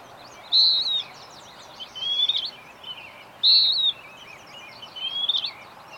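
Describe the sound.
Bird with two strong, slightly falling whistled notes about three seconds apart, softer whistles and chirping between them, over low steady noise.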